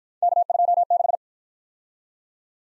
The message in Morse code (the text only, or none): K26